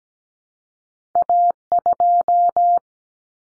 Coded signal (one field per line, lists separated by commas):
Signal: Morse code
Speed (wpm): 17 wpm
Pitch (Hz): 700 Hz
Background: none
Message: A2